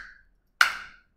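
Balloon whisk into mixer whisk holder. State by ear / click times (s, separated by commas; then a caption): seated / 0.6 s. The balloon whisk's wires are lined up and pushed into the whisk holder of an Ankarsrum stand mixer. A faint fading ring at the start gives way to a single sharp, wood-block-like click at 0.6 s that rings briefly and dies away by about 1.0 s. The whisk seats in its holder.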